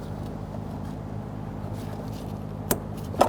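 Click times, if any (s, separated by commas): 2.7 s, 3.2 s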